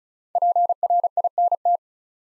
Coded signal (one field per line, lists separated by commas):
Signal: Morse code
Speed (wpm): 36 wpm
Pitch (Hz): 700 Hz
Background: none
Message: PRINT